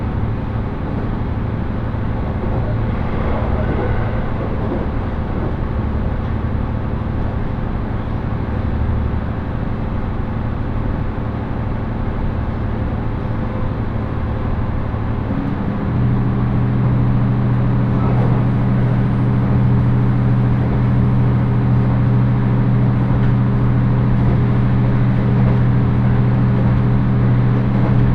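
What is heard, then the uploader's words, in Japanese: Steady low rumble aboard a Senseki-Tohoku Line rapid train, with a motor hum that steps up and strengthens around fifteen seconds in. 仙石東北ライン快速 高城町→仙台。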